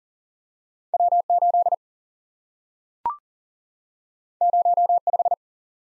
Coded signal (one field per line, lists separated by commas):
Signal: Morse code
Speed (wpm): 42 wpm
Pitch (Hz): 700 Hz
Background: none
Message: W 8 0 5